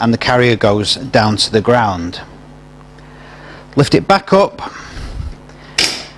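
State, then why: Seated. Someone talks, then lifts a tilted towbar cycle carrier back up. The carrier's metal tilt mechanism on the towbar mount latches automatically with a sharp, loud click at 5.8 s, locking it back into place.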